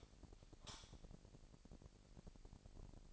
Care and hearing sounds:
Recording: daily activity, microphone in the room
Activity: light on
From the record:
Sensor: 5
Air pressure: 1002.0 hPa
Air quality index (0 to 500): 231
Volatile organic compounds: 33 ppm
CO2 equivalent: 3013 ppm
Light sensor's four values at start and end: 16/37/15/16 and 16/38/15/17

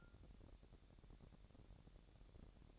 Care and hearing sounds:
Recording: daily activity, microphone in the room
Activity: take from stove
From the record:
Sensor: 3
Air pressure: 1012.0 hPa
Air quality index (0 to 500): 208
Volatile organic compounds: 4 ppm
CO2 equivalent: 1552 ppm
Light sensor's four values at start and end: 114/269/112/101 and 114/269/112/101

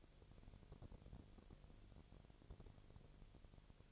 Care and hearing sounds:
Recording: daily activity, microphone in the room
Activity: no activity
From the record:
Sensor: 4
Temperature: 22.4 degrees Celsius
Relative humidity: 31.0%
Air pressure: 1004.1 hPa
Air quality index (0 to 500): 85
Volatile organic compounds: 1 ppm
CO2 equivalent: 772 ppm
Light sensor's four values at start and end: 2/3/1/1 and 2/3/1/1

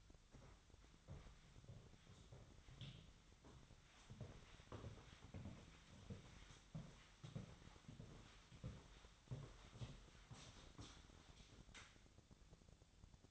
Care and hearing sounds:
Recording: daily activity, microphone in the room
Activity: walk to room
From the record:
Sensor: 3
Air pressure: 1010.1 hPa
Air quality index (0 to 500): 179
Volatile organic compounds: 12 ppm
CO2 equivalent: 2331 ppm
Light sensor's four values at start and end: 40/99/43/46 and 39/96/42/45

